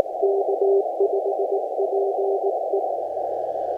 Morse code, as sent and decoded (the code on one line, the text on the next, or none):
-.- ..... .--. .
K5PE